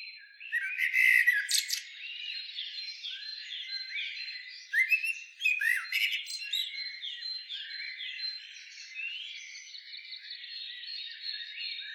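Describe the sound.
Common blackbird with continuous rambling twitter and fluty notes, sharper squeaks around one and five seconds, steady soft warbling throughout.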